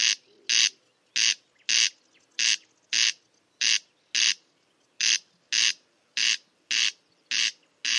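Bird giving harsh, buzzy squawks, each short and loud, repeated in a long series with quiet gaps between them.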